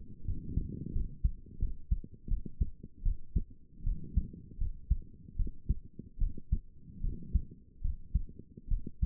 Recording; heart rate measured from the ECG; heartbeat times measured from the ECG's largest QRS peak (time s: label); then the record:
heart sounds by stethoscope; 78 bpm
0.24 s: heartbeat
0.92 s: heartbeat
1.59 s: heartbeat
2.28 s: heartbeat
3.02 s: heartbeat
3.83 s: heartbeat
4.58 s: heartbeat
5.36 s: heartbeat
6.18 s: heartbeat
7.01 s: heartbeat
7.81 s: heartbeat
8.68 s: heartbeat
From the record:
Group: healthy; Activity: rest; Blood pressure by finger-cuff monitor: 155/82 mmHg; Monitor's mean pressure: 101 mmHg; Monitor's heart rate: 78 bpm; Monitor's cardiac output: 7.1 L/min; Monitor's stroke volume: 91 mL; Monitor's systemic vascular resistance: 1070 dyn s/cm5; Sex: female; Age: 22 years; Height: 154 cm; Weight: 58.7 kg